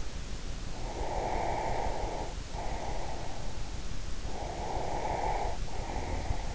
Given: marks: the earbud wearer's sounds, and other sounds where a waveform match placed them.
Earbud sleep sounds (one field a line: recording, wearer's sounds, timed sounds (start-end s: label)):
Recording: sounds in sleep by an in-ear microphone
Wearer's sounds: breath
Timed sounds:
0.75-3.40 s: breath
4.32-6.55 s: breath